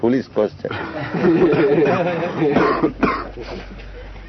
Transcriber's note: laughter